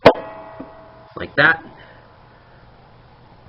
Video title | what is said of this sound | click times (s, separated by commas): SCM - Tips & Tricks #1 - Plugging In | push that all the way in until you hear it sort of snap like that | 0.1 s